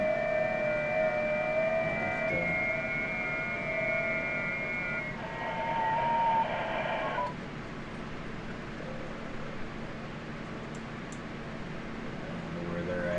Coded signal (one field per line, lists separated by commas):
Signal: FT8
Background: speech